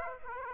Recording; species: mosquito wingbeat signal from an infrared sensor; Aedes aegypti